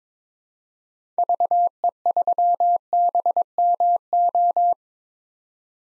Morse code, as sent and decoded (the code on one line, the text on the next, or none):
...- . ...-- -... -- ---
VE3BMO